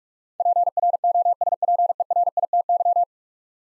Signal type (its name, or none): Morse code